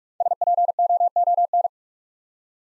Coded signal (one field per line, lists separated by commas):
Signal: Morse code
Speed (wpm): 44 wpm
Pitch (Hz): 700 Hz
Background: none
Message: SPOON